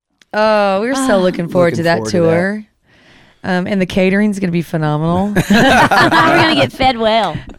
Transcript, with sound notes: Oh, we’re so looking forward to that tour! (Others agree in the background) And the catering’s going to be phenomenal.” (All laugh)
We’re going to get fed well!”